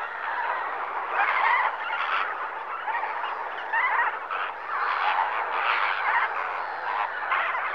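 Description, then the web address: Flamingo chorus of many birds, nasal honks and chatter overlapping without a break, swelling in slightly louder bursts every second or two over a low background hum. Flamingos at a lake in Kenya in the morning. "BBC Sound Effects Library Africa - Natural World Kenya, Flamingoes, Morning, Lake"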